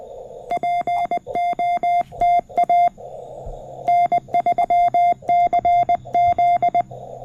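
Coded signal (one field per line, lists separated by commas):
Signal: Morse code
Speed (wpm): 20 wpm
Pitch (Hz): 700 Hz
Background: none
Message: POTA N3CZ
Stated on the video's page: QRP CW on a Parks on the Air activation from a state park, using a CFT1 transceiver, paddle key and 40m end-fed half-wave antenna.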